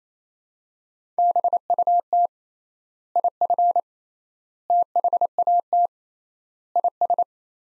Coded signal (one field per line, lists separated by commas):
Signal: Morse code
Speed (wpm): 28 wpm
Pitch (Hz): 700 Hz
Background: none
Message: BUT IF THAT IS